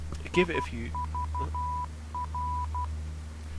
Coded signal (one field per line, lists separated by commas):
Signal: Morse code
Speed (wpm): 12 wpm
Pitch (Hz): 990 Hz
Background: speech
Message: IVR